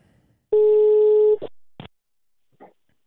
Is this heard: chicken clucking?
no